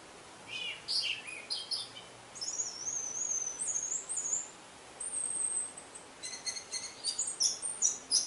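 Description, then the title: Orange-headed thrush singing a string of thin, very high whistles and slurred notes, nearly continuous, with brief gaps. "Anis Merah"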